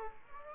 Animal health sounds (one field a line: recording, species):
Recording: mosquito wingbeat signal from an infrared sensor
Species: Aedes aegypti